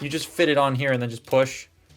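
Someone talks while fitting a chromed plastic chest armor piece onto the chest of an AOE Evasion Mode Optimus Prime transforming action figure and starting to push it into place over the inner chest parts. The speech fills most of the clip and fades out by about 1.7 seconds. The piece has not snapped into place yet.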